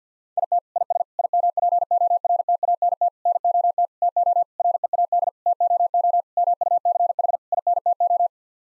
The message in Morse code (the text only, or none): IT IS IMPORTANT NOT TO READ TOO MUCH INTO